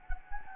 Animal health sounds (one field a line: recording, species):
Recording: mosquito wingbeat signal from an infrared sensor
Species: Anopheles gambiae